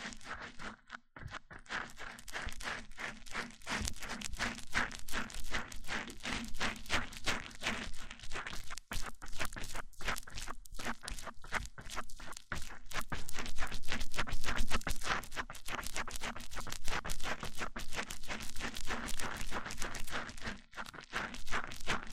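Microphone-on-microphone triggers: dense, rapid scratchy tapping and brushing, nearly constant for the whole stretch, with a low steady hum beneath.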